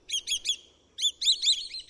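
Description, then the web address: Swallow-tailed Kite calls: shrill, sharp whistled notes, three quick ones, a pause, then a longer tumbling twittering run. "BIRD NOTE. Swallow tailed Kite"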